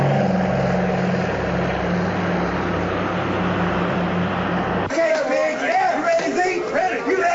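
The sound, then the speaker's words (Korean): A small propeller plane's engine drones loudly and steadily with a low, throbbing hum for about five seconds on a runway as passengers board for a flight toward Las Vegas, then gives way abruptly to people talking. “I love these little planes.”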